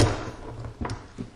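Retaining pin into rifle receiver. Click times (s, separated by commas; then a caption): 0.8 s. With the upper receiver of an AR-15 rifle closed, its steel retaining (takedown) pin is pushed back into the receiver after a soft tap near 0.6 s. The pin's detent catches with a small, sharp metallic click at 0.9 s, followed by a faint knock around 1.2 s. The pin is seated and the reassembly is finished.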